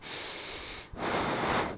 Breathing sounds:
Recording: one breath in and out by a microphone near the nose and mouth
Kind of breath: strong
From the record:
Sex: male

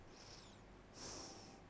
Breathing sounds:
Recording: one breath in and out by a microphone near the nose and mouth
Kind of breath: normal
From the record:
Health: marked as sick, illness not named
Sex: female

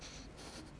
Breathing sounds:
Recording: one breath in and out by a microphone near the nose and mouth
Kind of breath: strong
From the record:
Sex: male

